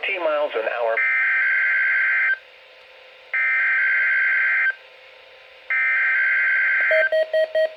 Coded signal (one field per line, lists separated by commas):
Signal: Emergency Alert System (SAME) tones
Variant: header bursts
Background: speech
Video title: NOAA WX FAIL: Three Required Weekly Tests! 2/24/21 (EAS #149-151)